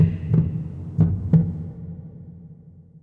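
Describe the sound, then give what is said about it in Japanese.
A deep, low heartbeat thumps three times, the second and third beats coming in close succession, then the resonant throb fades into a low hum. “うわあ、ドキドキするぜ。”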